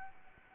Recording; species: mosquito wingbeat signal from an infrared sensor; Anopheles arabiensis